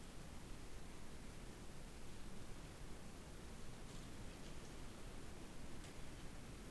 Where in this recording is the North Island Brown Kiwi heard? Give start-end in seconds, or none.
none